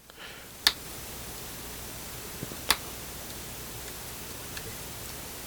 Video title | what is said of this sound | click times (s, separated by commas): SCOOCH 5 IN 1 SLIM CELLPHONE CASE | just click it you hear that click there's | 0.7 s